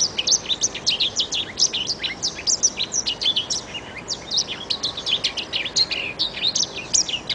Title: Kicau Kacer